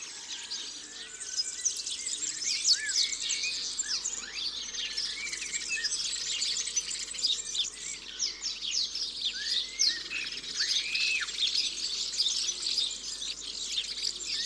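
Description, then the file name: European serin singing a rapid, buzzy, high-pitched jangle throughout, while other birds add scattered rising and falling whistles lower down. "Serin cini ABC des chants doiseaux"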